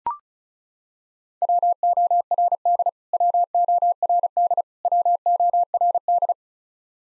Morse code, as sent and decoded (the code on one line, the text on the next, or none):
.-- --- .-. -.. / .-- --- .-. -.. / .-- --- .-. -..
WORD WORD WORD